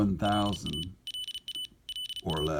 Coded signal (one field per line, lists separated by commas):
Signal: Morse code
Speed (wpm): 34 wpm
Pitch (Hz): 3000 Hz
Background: speech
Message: LA LA LA